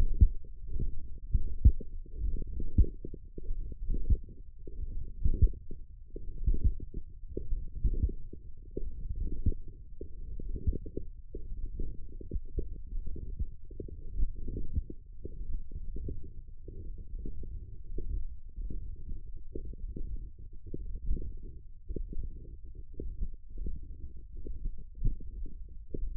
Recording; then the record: forearm muscle sounds (acoustic myography)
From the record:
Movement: ulnar deviation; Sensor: system 1, eight BSWA MPA416 microphones around the upper forearm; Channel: 6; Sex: male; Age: 42 years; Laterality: right